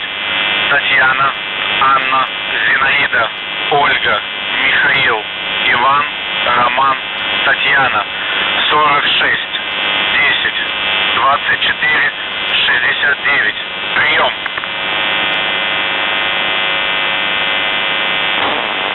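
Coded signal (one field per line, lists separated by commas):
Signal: numbers station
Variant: UVB-76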